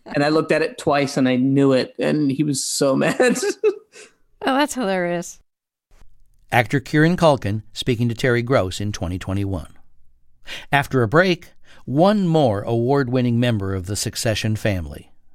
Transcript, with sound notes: And I looked at it twice, and I knew it, and he was so mad (laughter).
Oh, that's hilarious.
Actor Kieran Culkin speaking to Terry Gross in 2021. After a break, one more award-winning member of the "Succession" family.